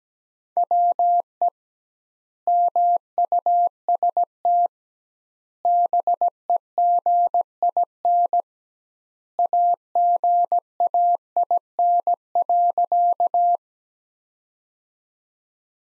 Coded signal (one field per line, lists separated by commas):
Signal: Morse code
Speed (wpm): 17 wpm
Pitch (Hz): 700 Hz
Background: none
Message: WE MUST BEGIN AGAIN.